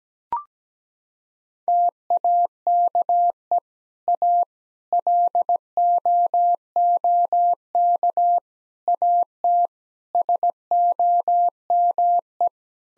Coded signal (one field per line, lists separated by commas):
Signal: Morse code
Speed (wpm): 17 wpm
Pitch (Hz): 700 Hz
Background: none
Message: TAKE A LOOK AT SOME